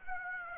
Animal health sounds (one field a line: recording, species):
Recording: mosquito wingbeat signal from an infrared sensor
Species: Aedes aegypti